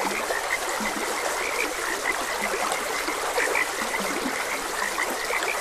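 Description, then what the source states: Frogs calling with short croaks, some lower and some higher, repeated often against the soft rushing of a stream. Frogs croaking beside a gentle stream.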